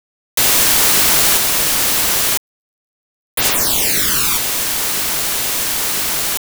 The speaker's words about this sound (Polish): Ostatnie 2 sekundy służą do identyfikacji przesłuchów między kanałami. Szum ten został zlinearyzowany, więc może służyć do określenia liniowości torów audio.